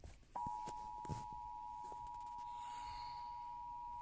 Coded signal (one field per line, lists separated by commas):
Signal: Emergency Alert System (SAME) tones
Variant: 853 and 960 Hz attention tone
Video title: Flash Flood Warning on NJPBS (EAS #115)